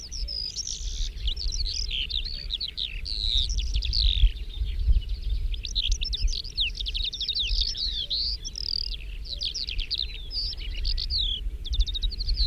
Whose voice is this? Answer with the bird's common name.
Calandra Lark